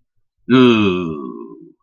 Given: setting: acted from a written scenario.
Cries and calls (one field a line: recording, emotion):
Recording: vocal sound without words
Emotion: disgust